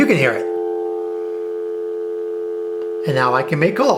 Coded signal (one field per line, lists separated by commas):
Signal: telephone call progress tone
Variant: North America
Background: speech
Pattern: dial tone